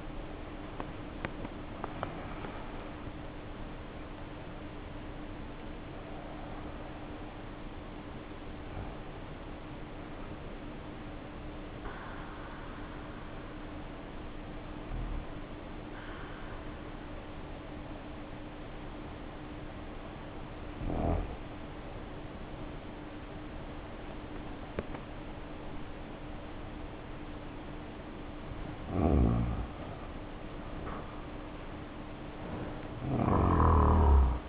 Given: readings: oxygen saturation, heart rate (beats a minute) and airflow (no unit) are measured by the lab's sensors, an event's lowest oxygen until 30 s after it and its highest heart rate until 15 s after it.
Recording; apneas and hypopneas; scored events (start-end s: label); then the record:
breathing in sleep by a voice recorder at the bedside; none
none scored
From the record:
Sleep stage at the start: N1 (lightest sleep); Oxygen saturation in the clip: 67 to 87%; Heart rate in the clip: 55 to 87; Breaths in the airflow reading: 5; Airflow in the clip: -4.3 to 3.1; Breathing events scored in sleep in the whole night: 520 in 7.2 hours asleep